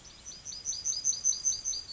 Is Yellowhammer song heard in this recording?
yes